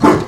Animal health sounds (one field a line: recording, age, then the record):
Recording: pig call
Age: growing-finishing pig (85 days or more)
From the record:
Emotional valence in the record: positive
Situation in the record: run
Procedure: transit